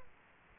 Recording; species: mosquito wingbeat signal from an infrared sensor; Aedes aegypti